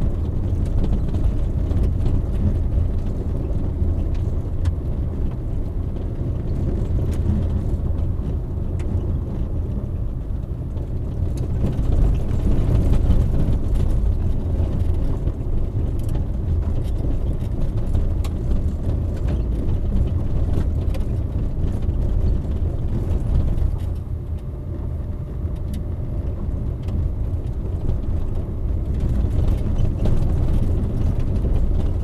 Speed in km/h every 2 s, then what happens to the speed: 28, 29, 31, 31, 28, 24, 24, 25, 26, 27, 27, 27, 27, 27, 27, 28.
0-6 steady at about 29. 6-13 slows to 24. 13-32 steady at about 27.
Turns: none.